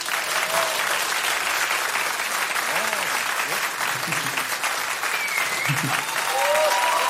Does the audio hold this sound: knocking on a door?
no